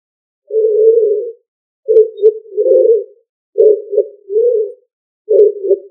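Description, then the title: Pigeon cooing, low hollow coos in four phrases, some single and drawn out, others broken into two or three quick pulses, against a silent background. "LuckyFamilia ColumbidaePombaSama"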